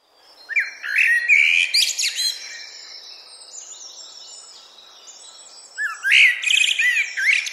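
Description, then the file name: Eurasian blackbird song: a mellow whistled phrase with a twittering end, a quieter stretch of high notes, then another loud warbled phrase. "Turdus merula"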